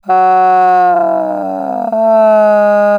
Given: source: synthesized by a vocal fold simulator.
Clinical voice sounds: sustained vowel; female; asymmetry, level 26 of 51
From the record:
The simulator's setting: 3.50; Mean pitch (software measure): 189 Hz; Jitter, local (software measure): 0.80%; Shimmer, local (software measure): 2.9%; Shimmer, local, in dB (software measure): 0.35 dB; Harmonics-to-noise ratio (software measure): 24.4 dB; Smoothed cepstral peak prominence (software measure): 15.5 dB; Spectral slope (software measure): -23.8 dB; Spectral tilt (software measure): -12.4 dB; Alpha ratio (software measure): -14.3 dB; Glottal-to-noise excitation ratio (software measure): 0.955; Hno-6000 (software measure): 2.5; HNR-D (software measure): 32.2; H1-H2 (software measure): -1.8 dB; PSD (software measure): 1.6e-03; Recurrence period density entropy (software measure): 0.116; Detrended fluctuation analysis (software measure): 0.0248

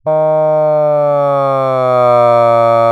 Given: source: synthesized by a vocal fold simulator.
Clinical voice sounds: sustained vowel; male; asymmetry, level 14 of 51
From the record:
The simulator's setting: 2.30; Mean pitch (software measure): 135 Hz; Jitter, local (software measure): 0.18%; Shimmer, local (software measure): 1.1%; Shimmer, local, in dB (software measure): 0.11 dB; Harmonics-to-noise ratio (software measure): 35.2 dB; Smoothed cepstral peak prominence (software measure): 25.0 dB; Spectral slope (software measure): -18.9 dB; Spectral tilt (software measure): -12.6 dB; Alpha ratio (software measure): -9.3 dB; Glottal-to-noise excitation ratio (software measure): 0.971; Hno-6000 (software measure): 2.5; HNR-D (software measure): 32.2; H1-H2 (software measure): 4.8 dB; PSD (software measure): 8.2e-04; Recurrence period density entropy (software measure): 0.110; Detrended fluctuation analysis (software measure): 0.0469

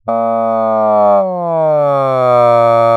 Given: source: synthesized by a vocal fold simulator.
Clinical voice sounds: sustained vowel; male; asymmetry, level 34 of 51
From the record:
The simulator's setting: 4.30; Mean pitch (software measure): 126 Hz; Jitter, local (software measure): 0.24%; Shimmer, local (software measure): 1.2%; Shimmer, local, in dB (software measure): 0.11 dB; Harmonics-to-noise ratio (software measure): 31.2 dB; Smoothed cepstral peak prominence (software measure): 23.4 dB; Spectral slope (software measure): -18.9 dB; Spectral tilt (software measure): -13.0 dB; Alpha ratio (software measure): -9.4 dB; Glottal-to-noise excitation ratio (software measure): 0.957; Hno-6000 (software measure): 2.7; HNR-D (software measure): 26.9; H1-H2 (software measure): -2.3 dB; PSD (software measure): 1.3e-03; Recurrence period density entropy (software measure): 0.114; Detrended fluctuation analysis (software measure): 0.0446

